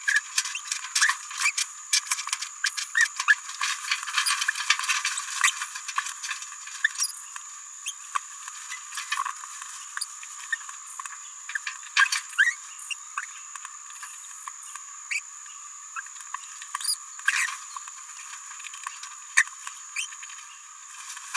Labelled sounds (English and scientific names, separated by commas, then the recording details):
Green-rumped Parrotlet (Forpus passerinus) babbling
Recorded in a nest box in Venezuela
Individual 18B17A4